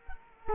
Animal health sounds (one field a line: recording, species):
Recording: mosquito wingbeat signal from an infrared sensor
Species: Culex quinquefasciatus